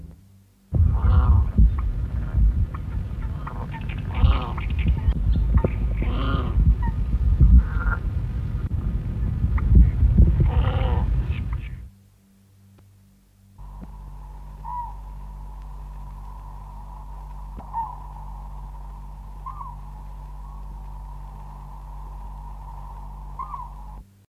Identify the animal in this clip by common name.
Great Bittern